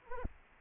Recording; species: mosquito wingbeat signal from an infrared sensor; Anopheles arabiensis